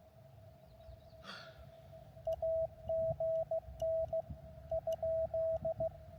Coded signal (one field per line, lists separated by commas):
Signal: Morse code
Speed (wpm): 15 wpm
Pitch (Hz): 650 Hz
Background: radio noise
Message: AGN ?